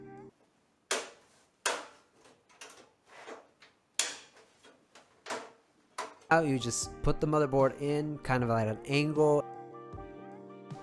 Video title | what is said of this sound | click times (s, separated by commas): $200 Gaming Pc Build: Intel Core i5 3470 + AMD R9 280 3gb - Cyberpunk -The Division 2 - Metro Exodus | that it's facing that all the ports are facing and make sure it snaps you can hear the snaps here | 0.9 s, 1.7 s, 4.0 s